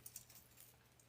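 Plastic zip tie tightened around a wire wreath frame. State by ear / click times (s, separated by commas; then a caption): seated / 0.1 s, 0.2 s, 0.6 s, 1.0 s. A plastic zip tie is pulled tight through a wire wreath board frame to make a hanger, tightened until a few ratchet clicks are heard. Sharp clicks land at about 0.1, 0.2, 0.6 and 1.0 seconds over a low steady hum. The zip tie ratchets closed and seats.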